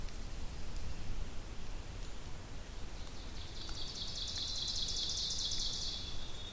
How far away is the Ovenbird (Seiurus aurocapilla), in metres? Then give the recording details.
about 75 m. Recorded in boreal forest in Alberta, Canada, on 2 June 2016 at 07:35. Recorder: SongMeter 3, array SBT-3-7. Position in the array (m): 207 m, 85 m. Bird 6